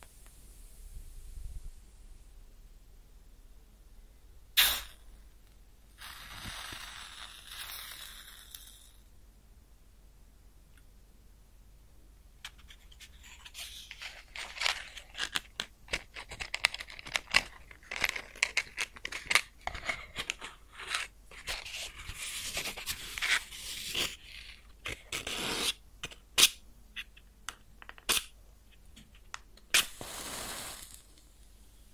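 A match is struck close up, with a sharp scrape near five seconds and a hissing flare just after. The first half is quiet with a brief sizzle; from about twelve seconds, irregular crackles and pops grow dense, with louder snaps near 26, 28 and 30 seconds.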